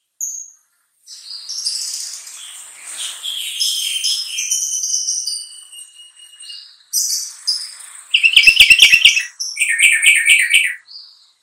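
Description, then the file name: Sooty-headed bulbul song: a long soft rambling warble of high twitters, then a dense rattle of sharp repeated chips and chattering notes near the end. Song labelled as kutilang trucukan. "suara kutilang trucukan"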